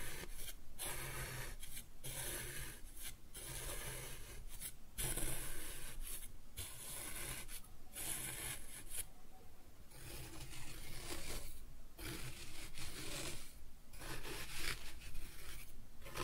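Kinetic sand being cut and scooped in steady grainy scraping strokes, with brief pauses roughly every second and a soft low hum underneath.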